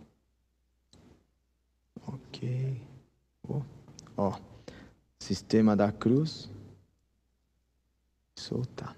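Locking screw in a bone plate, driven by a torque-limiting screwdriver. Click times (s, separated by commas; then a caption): 0.9 s, 2.0 s. A torque-limiting screwdriver drives a locking screw into a bone plate, giving two soft clicks at 0.9 s and 2.0 s as the screw reaches the set torque and locks. Someone talks afterward.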